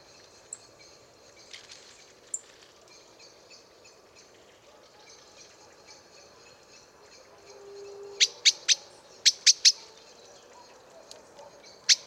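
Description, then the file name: Eurasian blackbird calls: sharp clicking notes in a quick burst of several around eight to ten seconds, one more at the end, over faint chatter of other birds. "Turdus merula"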